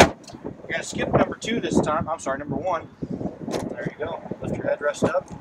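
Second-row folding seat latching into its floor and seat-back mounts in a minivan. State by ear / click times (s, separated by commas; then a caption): seated / 0.3 s, 0.5 s. A second-row stow-in-floor seat in a 2017 Chrysler Pacifica minivan is raised back up into position, its latch locking into the floor and seat-back mounts. Faint latch clicks are heard at about 0.3 s and 0.5 s, and the seat locks upright. Someone talks throughout the rest of the clip.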